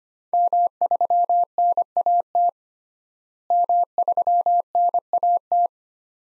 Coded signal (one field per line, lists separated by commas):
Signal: Morse code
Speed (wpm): 25 wpm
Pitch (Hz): 700 Hz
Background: none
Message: M3NAT M3NAT